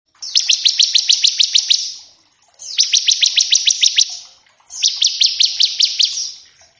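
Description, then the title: Bar-winged prinia song: three fast, high trills of sharp notes, each lasting over a second, separated by short pauses. Lure and tutor recording to draw a bar-winged prinia into singing; ngebren song with variations. "Ciblek ngebren variasi masteran & pancingan ciblek"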